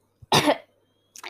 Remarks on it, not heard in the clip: Actually, my throat feels dry. I'm gonna take some water and clear my throat. And I'm just gonna clear my throat.